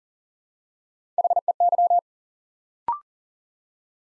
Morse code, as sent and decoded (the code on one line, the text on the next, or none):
.... . -.--
HEY